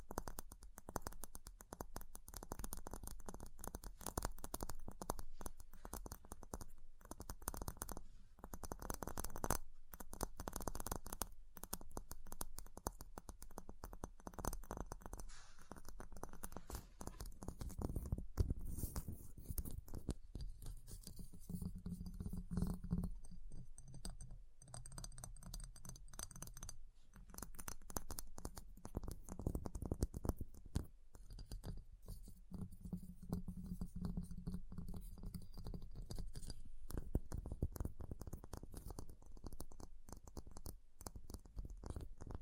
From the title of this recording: Ice Tapping, Scratching, Carving Sounds